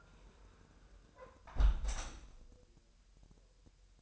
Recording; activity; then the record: daily activity, microphone in the room; close window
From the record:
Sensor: 2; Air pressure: 999.7 hPa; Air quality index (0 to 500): 224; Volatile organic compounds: 54 ppm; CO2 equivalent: 3342 ppm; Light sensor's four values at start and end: 8/20/8/8 and 8/19/8/8